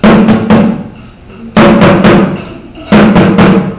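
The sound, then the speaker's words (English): Knocking on the door of someone's house in the traditional way to call the people inside, in three loud bursts, each a quick cluster of sharp raps with a low, resonant thud, separated by short pauses. No one speaks. “But in a traditional sense, you go to somebody's house, you have to knock. And the knock is pop, pop, pop.”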